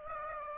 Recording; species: mosquito wingbeat signal from an infrared sensor; Aedes aegypti